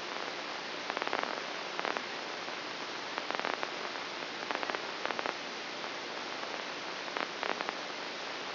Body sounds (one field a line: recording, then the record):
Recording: brain microelectrode recording played as sound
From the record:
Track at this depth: inside the subthalamic nucleus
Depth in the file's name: 5.905 mm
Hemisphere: left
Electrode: 2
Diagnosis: Parkinson's disease